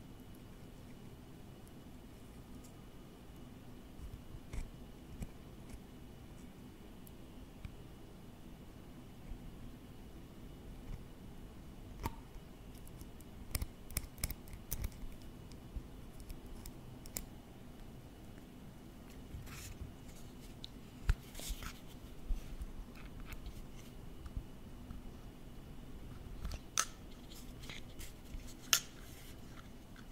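Close-up tapping and tracing on office objects, with short sharp clicks and taps scattered unevenly, more frequent from about 13 seconds and clustered near 21 and 27 seconds. A steady low hum and a faint high whine sit underneath throughout.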